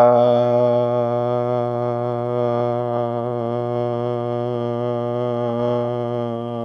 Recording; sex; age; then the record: sustained vowel /a/; male; 30 to 39 years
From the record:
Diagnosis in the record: healthy control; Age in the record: 30 years